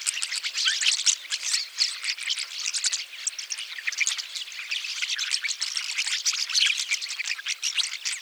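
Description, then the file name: Rosy starling churring chatter, loud rasping bursts and rapid clicks pulsing in uneven waves throughout. "jalak mawar"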